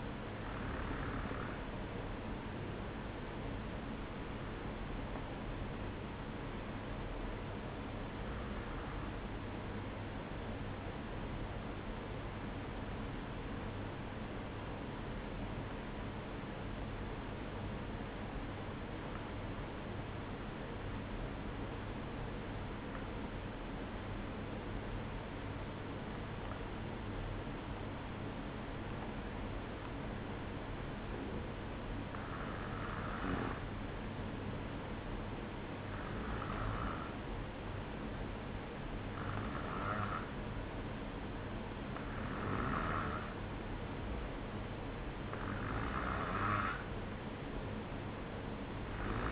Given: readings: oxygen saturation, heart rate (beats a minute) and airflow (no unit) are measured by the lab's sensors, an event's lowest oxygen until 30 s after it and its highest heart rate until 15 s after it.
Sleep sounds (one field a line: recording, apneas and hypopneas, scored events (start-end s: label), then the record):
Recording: breathing in sleep by a voice recorder at the bedside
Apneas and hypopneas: 1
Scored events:
5.00-43.90 s: hypopnea (N1, oxygen 95% highest, then 93% lowest, heart rate 53 at the start, 57 highest)
From the record:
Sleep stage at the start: N1 (lightest sleep)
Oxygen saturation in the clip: 93 to 95%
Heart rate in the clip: 53 to 56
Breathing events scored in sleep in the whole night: 305 in 9.6 hours asleep